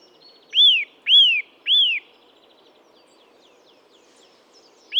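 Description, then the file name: Eurasian nuthatch giving three clear arching whistles in quick succession, each swooping up and down, then a pause before another begins. "Sitta europaea"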